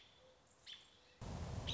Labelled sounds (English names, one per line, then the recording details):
American Robin
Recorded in Sonoma County, California